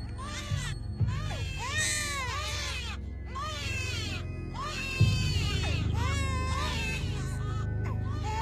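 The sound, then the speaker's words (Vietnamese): A baby being bitten by fire ants wails in a string of high, arching cries that rise and fall one after another, loud and insistent over a steady low rumble, with no talking. “đột nhiên lại thêm một tiếng khóc nữa vang lên.”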